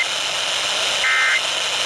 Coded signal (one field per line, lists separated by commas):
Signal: Emergency Alert System (SAME) tones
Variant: end-of-message bursts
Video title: 2025's Final Haul to EAS 3000 | EAS Alerts From 12/28/2025 (EAS #2,994-3,019)